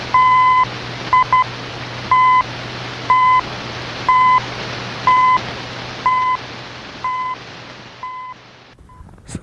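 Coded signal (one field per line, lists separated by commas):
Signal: radio time signal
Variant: CHU Canada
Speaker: is kind of what CHU kind of sounds like here.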